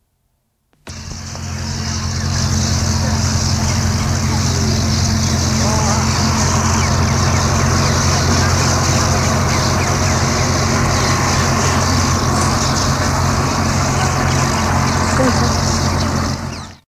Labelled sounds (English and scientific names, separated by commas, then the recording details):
Streak-throated Swallow (Petrochelidon fluvicola) call
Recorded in the wild
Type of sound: call
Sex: group
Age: diverse
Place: Agra, Uttar Pradesh, IN
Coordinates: 27.16, 78.01
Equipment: Halbspur, 9,5 cm/s
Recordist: Lütgens, Hans
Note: Große Kolonie mit starken Verkehrsgeräuschen, unter Flussbrücke des Yamuna nördlich Agra